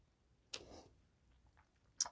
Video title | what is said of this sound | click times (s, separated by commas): Len's Mills Haul And going to the Darkside | okay and you push the push the back on them and they push and it goes snap | 0.5 s, 2.0 s